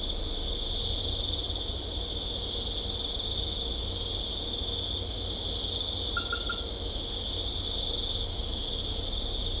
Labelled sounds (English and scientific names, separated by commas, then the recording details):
none
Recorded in secondary vegetation near Puerto Asís, Putumayo, Colombia, on 18 December 2024 at 21:00
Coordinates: 0.500, -76.326
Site G065